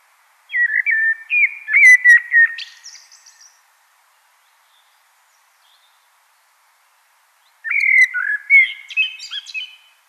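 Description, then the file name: Common blackbird singing two warbled phrases of low fluty whistles with high twittery endings, separated by about four seconds of silence. "Turdus merula"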